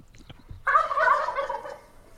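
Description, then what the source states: Wild turkey gobble: a loud, rapid, rattling burst of throaty notes lasting about a second. Played in a listener bird quiz.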